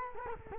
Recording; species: mosquito wingbeat signal from an infrared sensor; Culex quinquefasciatus